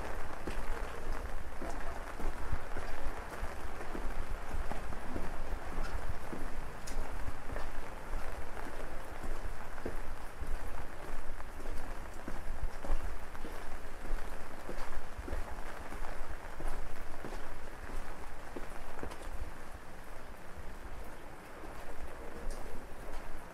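Rain patters steadily on an umbrella during a walk through a busy downtown Korean street at night. A dense, even wash of drops runs throughout, with sharper taps scattered across it, over a low traffic rumble and faint murmurs of voices.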